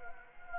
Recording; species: mosquito wingbeat signal from an infrared sensor; Anopheles gambiae